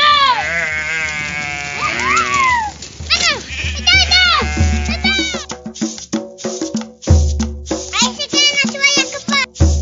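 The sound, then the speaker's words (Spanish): Sheep and goats bleat over and over in a noisy, overlapping chorus as the flock is let out to pasture in Traslasierra while the young are kept penned, with wavering high-pitched cries that rise and fall, and a low rumble runs underneath. “Sí, encerramos los chiquitos que hay y soltamos las ovejas. ¡Otra la el carnero! ¡Aquí el chivo!”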